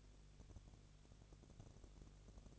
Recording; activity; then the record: daily activity, microphone in the room; no activity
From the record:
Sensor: 4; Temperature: 22.3 degrees Celsius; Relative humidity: 32.8%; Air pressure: 1002.0 hPa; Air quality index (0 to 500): 185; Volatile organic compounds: 4 ppm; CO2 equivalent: 1634 ppm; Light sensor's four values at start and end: 2/3/1/1 and 2/3/1/1